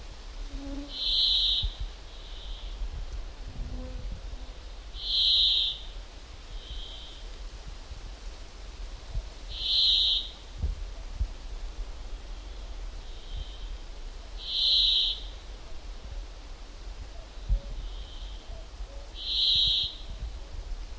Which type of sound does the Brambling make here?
song